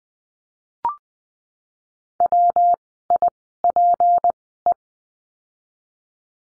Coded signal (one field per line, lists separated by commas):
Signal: Morse code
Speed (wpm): 20 wpm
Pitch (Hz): 700 Hz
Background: none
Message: WIPE